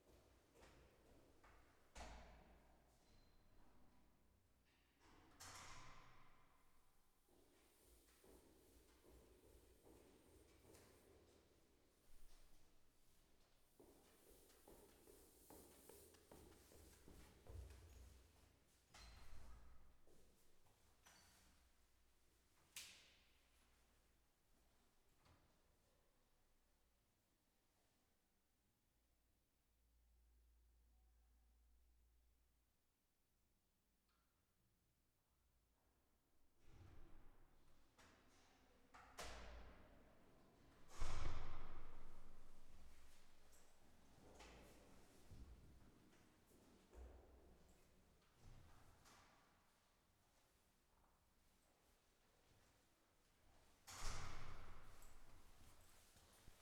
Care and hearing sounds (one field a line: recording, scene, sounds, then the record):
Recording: everyday scene through a hearing-aid microphone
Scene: reverberant space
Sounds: background noise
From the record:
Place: staircase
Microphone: behind the ear, left, front